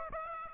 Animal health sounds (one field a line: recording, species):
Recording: mosquito wingbeat signal from an infrared sensor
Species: Aedes aegypti